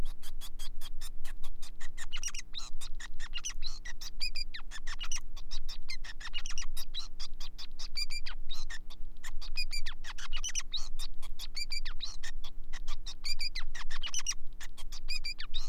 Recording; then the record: song of a male Bengalese finch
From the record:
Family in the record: son of father 5